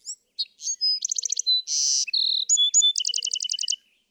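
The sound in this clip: Bewick's wren song, a varied jumble of chips, a harsh buzz and slurred whistles that ends in a rapid trill of doubled notes.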